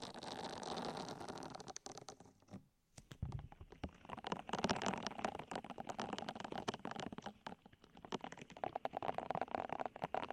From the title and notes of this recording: ASMR Sleep With Deep Ear Massage (No Talking).